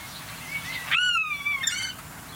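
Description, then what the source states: Common starling giving a mewing, buzzard-like call: a thin whistle, then a loud downslurred mew with rich harmonics, ending in a short, higher squeal. Replayed starling song with at least 11 imitations in about a minute; this part imitates the characteristic call of a common buzzard.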